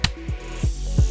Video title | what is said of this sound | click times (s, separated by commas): Small J-Hook Arm - Rain-X Quantum Elite | until it locks into place with a click | 0.0 s